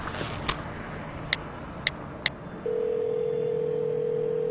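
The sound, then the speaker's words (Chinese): Four short, sharp key-press beeps tap out a number over a low engine hum, followed by a steady, unbroken mid-pitched telephone tone that holds to the end, as a phone call is placed on the way back. “回去的路上，仁义给龚应贤打了个电话。”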